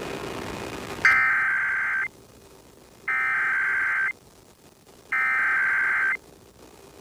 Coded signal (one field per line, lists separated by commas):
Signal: Emergency Alert System (SAME) tones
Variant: header bursts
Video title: EAS #755-756: 2 EAS Required Monthly Tests- Apr. 5, 2023- 12:15AM PDT